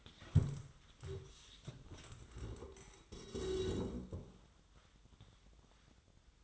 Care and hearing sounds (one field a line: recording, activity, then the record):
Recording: daily activity, microphone in the room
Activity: stand up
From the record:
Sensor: 3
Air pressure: 1005.4 hPa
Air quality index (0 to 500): 97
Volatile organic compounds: 3 ppm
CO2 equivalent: 1510 ppm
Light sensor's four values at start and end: 10/22/9/9 and 7/14/6/6